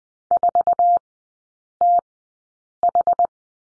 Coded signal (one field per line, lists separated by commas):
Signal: Morse code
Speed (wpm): 20 wpm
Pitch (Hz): 700 Hz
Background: none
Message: 4TH